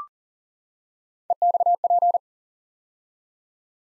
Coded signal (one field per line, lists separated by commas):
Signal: Morse code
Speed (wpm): 41 wpm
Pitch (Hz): 700 Hz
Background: none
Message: EXP